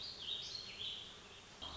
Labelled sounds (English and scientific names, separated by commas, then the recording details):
Warbling Vireo (Vireo gilvus)
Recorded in Sonoma County, California